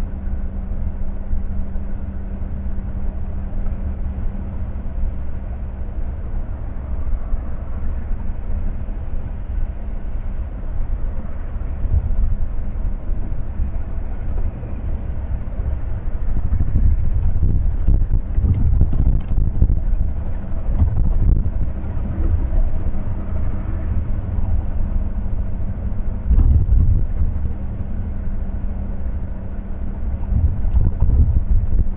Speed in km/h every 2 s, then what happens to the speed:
78, 78, 77, 77, 77, 78, 78, 78, 78, 78, 78, 78, 77, 78, 77, 77.
0-32 steady at about 78.